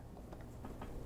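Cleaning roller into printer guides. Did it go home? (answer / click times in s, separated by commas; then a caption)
no / none. A cleaning roller is handled as it is slid down two guides into an HID FARGO HDP6600 printer. Faint ticks and light contact taps are heard around 0.2, 0.3, 0.4, 0.7 and 0.8 seconds. Nothing has seated or snapped in yet.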